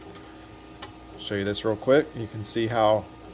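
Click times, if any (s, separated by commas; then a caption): none. A Glowforge laser head is handled by hand near its laser cutter carriage while someone talks, with a faint tick at about 0.8 s. The head has not yet snapped into place on the carriage; nothing has seated or clicked yet.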